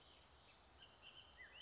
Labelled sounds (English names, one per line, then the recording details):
Bullock's Oriole
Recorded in Sonoma County, California